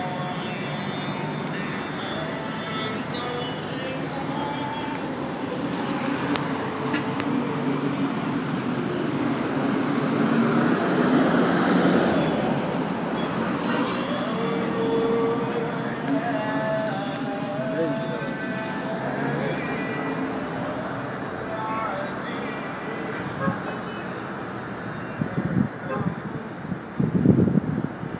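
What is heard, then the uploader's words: An evening street in Hurghada, Egypt: steady crowd chatter and voices over passing traffic hum, with sharper knocks and bumps near the end. Sounds at Hurghada, egypt on Thursday evening.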